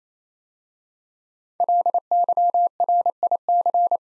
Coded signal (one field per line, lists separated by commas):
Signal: Morse code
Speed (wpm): 27 wpm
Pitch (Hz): 700 Hz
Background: none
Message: LYRIC